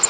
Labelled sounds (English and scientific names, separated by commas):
American Redstart (Setophaga ruticilla) flight call